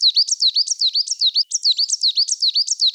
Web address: Parus ater